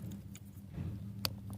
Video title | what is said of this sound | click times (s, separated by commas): Making My Own Solar Panel MC-4 Cables - Van Life | see you can hear that click | 1.2 s